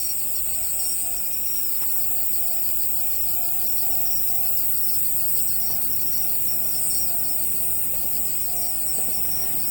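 Shrill cricket chorus with evenly pulsed trills throughout, a faint low hum beneath, and a couple of soft clicks.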